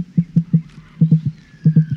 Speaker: the emu of Australia, that's the drum-like sound you're hearing.